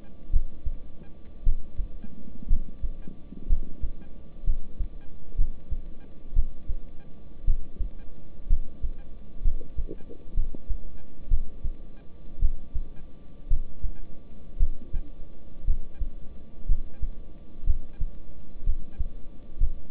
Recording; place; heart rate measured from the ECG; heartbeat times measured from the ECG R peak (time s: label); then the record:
heart sounds by stethoscope; between the tricuspid and mitral areas; 59 bpm
0.31 s: heartbeat
1.44 s: heartbeat
2.48 s: heartbeat
3.47 s: heartbeat
4.45 s: heartbeat
5.36 s: heartbeat
6.34 s: heartbeat
7.45 s: heartbeat
8.48 s: heartbeat
9.43 s: heartbeat
10.35 s: heartbeat
11.29 s: heartbeat
12.40 s: heartbeat
13.48 s: heartbeat
14.58 s: heartbeat
15.65 s: heartbeat
16.66 s: heartbeat
17.65 s: heartbeat
18.64 s: heartbeat
19.58 s: heartbeat
From the record:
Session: rest, lying down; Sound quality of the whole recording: good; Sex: male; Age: 26 years